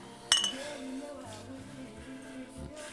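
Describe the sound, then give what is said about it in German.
A single bright clink of glasses touching in a toast rings out sharply, followed by low murmuring voices and soft background tones. “Hier ist dein Drink. Oh, danke. Prost.”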